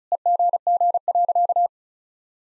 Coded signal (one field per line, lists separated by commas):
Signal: Morse code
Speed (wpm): 36 wpm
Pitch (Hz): 700 Hz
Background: none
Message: EGG.